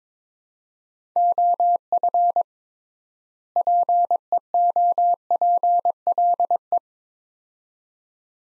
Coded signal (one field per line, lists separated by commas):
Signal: Morse code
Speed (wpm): 22 wpm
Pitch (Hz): 700 Hz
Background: none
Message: OF PEOPLE